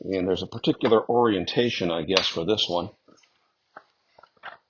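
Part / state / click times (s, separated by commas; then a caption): face plate onto lathe tailstock / not seated / none. Someone talks for about three seconds while handling the metal table/face plate of a vintage lathe/drill press combo, turning it to the right orientation to fit onto the tailstock. Short faint metallic knocks follow at about 3.8, 4.2 and 4.4 seconds. Nothing has seated yet: the clip ends before the face plate goes home on the tailstock, where a set screw will later lock it in place.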